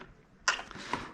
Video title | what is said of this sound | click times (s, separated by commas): Maxi Cosi CabrioFix vs Tinca vs Rock vs Pebble Pro - BuggyBaby Reviews | Give that a click. Comes off so easily. Great mechanism. | 0.5 s